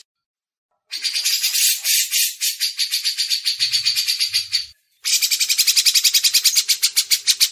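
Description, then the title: Grey-cheeked bulbul chattering song: rapid, harsh, high-pitched notes repeated about three or four per second in two long bursts separated by a short pause. Masteran recording: training audio for songbirds. "MASTERAN CUCAK JENGGOT"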